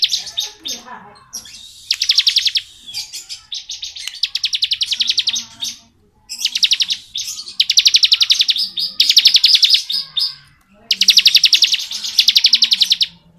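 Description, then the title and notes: Bar-winged prinia song: fast, buzzy trilled bursts repeated several times with short gaps, plus soft chirps between. Ngebren song style of the ciblek, used as tutor audio for training white-rumped shamas (murai batu). "Ciblek Ngebren Untuk Masteran Murai Batu. Suara burung ciblek - Suara Nada"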